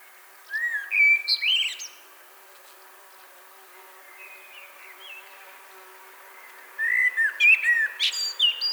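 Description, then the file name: Common blackbird singing two separate phrases about six seconds apart, each a mellow whistled warble ending in thin, high twitters, with quiet pauses between. "Turdus merula"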